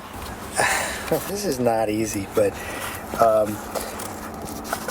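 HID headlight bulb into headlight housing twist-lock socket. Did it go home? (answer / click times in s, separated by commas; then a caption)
partly / 4.7 s. An HID headlight bulb on a Mercedes-Benz GLA is inserted at a 45-degree angle into the headlight housing's twist-lock socket and twisted, working blind in a tight space, while someone talks. A single soft hit sounds at 4.7 s. The bulb only half seats, sitting in partly without a clear lock, because it couldn't be plugged in once inserted.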